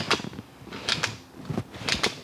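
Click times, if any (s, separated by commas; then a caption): 0.1 s, 0.9 s, 1.0 s, 1.9 s, 2.0 s. The pincher on the back of a stone-colored Silver Cross Reef 2 stroller seat is squeezed, and the harness shoulder piece is slid up and down through the seat-back height slots. Sharp clicks sound at 0.1, 0.9, 1.0, 1.9 and 2.0 seconds as the shoulder piece clicks into its height notches and seats in position.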